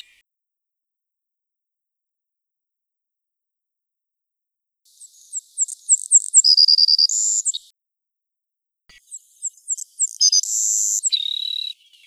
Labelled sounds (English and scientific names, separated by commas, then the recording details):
Savannah Sparrow (Passerculus sandwichensis) song
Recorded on Kent Island, New Brunswick, in 2011